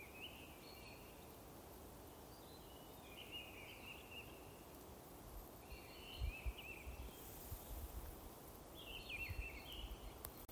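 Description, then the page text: Mistle thrush singing, faint short warbled phrases separated by pauses, over a steady background hiss. One singing bird, Alūksne municipality, Latvia, 1 April 2026, 12:06. "деряба, Turdus viscivorus 01-Apr-2026 plkst. 12:06 Alūksnes novads Поёт"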